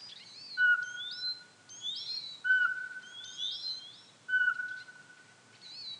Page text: Jelmer Poelstra - Воробьиный сычик (Glaucidium passerinum)